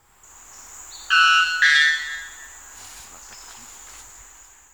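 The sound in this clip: White Bellbird: two loud, ringing metallic notes in quick succession, over a steady high whine.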